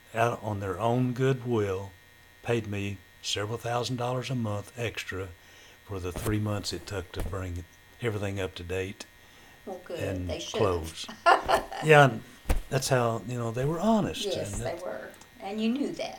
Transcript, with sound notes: out on their own good will, paid me several thousand dollars a month extra for the three months it took to bring everything up to date.
Well good--
--and closed. (Laughter) Yeah, and that's how-- you know, they were honest.
Yes, they were and you knew that.